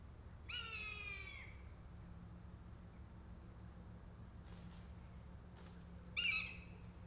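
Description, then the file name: Buzzard utters two long descending mews, one at the start and another near the end, separated by quiet. A pair of buzzards. "jl buzzard pair"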